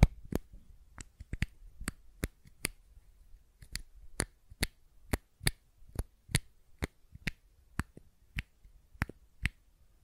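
Sharp clicks and taps from a fidget cube come in quick, uneven bursts across the whole ten seconds, about two or three per second with short pauses between runs. Each click is crisp and bright, with a faint low rumble underneath.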